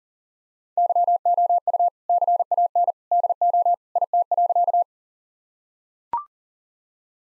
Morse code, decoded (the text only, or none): YOU CAN DO IT.